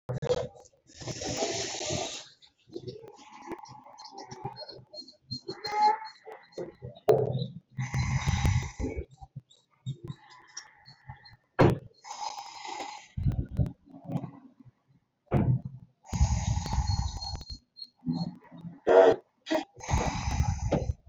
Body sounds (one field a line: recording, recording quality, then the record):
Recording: deep breathing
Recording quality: excellent, no background noise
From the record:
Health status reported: COVID-19 positive, mild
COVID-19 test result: positive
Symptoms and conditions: cough, fatigue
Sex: female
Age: 37 years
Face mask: worn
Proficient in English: yes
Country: India